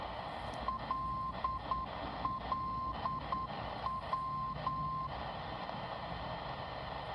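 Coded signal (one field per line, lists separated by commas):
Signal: Morse code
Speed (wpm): 9 wpm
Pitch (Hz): 1050 Hz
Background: none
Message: LLW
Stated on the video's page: Beacon LLW on 254 kHz from Elizabeth City, NC, received in Virginia Beach on a Tecsun PL-368 with a modified 7.5 inch ferrite plug-in antenna.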